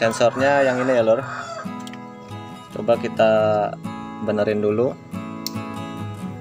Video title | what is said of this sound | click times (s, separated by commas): lampu indikator engine nyala terus | bunyi klik berarti ini sudah tepat | 5.5 s